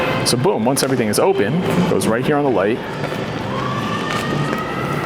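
An opened softbox is handled near the front mount of a studio light, where its mount ring is meant to snap and lock onto the light's mount. Someone talks over steady background sound with music and faint rising tones. Nothing has seated or clicked yet.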